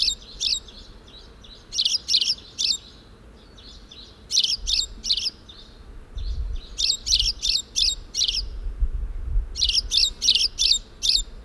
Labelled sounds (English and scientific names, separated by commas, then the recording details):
Spanish Sparrow (Passer hispaniolensis) call
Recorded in the wild
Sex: male
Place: Albesti, Transilvania, RO
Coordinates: 46.258, 24.86
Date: 1973-04-29
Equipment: Nagra III BH, Sennheiser MD 21, parabola
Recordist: Schubert, Michael